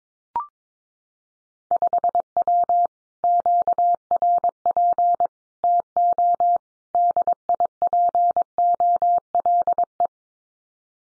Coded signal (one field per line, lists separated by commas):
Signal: Morse code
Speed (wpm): 22 wpm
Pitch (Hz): 700 Hz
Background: none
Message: 5W QRP TO DIPOLE